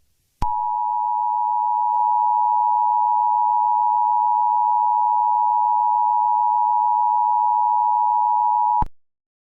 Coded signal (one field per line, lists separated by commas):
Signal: Emergency Alert System (SAME) tones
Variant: 853 and 960 Hz attention tone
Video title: EAS Scenario | Shrek Chapter II (#97)